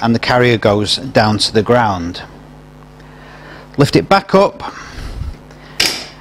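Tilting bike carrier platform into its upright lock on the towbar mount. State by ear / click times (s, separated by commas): seated / 5.8 s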